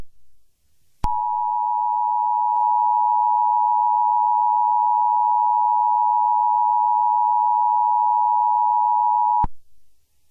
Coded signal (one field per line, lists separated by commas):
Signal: Emergency Alert System (SAME) tones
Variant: 853 and 960 Hz attention tone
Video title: A Typical EAS Alert but Paul has Diarrhea💀